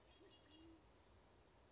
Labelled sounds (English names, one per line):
Red-winged Blackbird